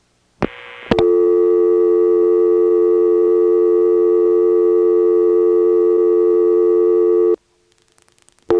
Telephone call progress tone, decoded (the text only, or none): dial tone